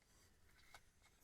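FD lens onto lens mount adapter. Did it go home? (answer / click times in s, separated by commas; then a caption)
no / none. A Canon FDn 50mm 1:1.8 FD lens is placed onto a lens mount adapter and twisted toward its bayonet lock, with soft handling noise and one brief sharper handling sound at about 0.8 s. The lens is still being handled and has not locked yet; nothing has seated or clicked.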